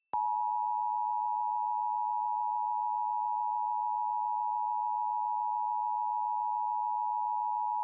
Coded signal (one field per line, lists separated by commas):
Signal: Emergency Alert System (SAME) tones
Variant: 853 and 960 Hz attention tone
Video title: Tornado Warning (7/11/21)(EAS 775)